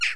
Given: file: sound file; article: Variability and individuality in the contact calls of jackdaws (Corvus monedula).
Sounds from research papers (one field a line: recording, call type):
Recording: jackdaw call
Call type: noisy